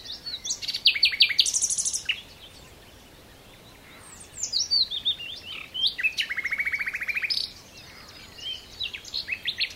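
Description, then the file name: Common nightingale delivering loud rattling trills and churring bursts, a pause, then more bursts, a long, fast, even rattle and more sharp chirped phrases. "Luscinia megarhynchos"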